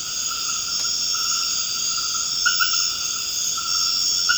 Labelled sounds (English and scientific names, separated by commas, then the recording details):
none
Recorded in dense forest near Puerto Asís, Putumayo, Colombia, on 24 March 2025 at 20:30
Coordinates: 0.481, -76.323
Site G088